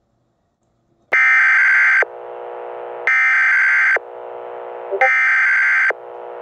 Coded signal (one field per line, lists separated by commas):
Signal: Emergency Alert System (SAME) tones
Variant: header bursts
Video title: Eas Scenario: Px-12 Virus (Part 3/The Finale)